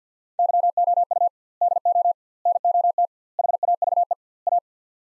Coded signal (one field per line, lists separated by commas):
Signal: Morse code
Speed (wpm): 50 wpm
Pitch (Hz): 700 Hz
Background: none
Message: YOU DO NOT HAVE A